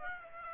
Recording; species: mosquito wingbeat signal from an infrared sensor; Aedes aegypti